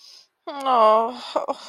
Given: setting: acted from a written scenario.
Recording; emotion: vocal sound without words; guilt